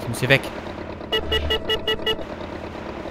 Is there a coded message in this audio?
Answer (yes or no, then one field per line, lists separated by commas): no